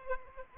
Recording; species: mosquito wingbeat signal from an infrared sensor; Aedes aegypti